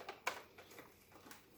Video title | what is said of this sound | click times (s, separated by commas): Shark IQ Robot XL cleaning filters | And then that just snaps back into place. | 0.3 s